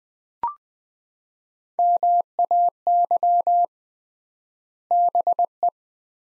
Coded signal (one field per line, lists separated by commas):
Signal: Morse code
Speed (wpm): 20 wpm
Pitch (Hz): 700 Hz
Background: none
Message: MAY BE